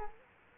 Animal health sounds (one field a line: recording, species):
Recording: mosquito wingbeat signal from an infrared sensor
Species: Culex quinquefasciatus